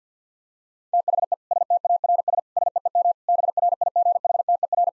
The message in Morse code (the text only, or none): THE STARS SEEM BRIGHTER